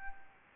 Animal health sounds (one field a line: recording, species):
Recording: mosquito wingbeat signal from an infrared sensor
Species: Anopheles arabiensis